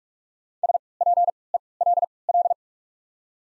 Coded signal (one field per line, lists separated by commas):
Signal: Morse code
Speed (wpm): 47 wpm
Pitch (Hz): 700 Hz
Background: none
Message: SPELL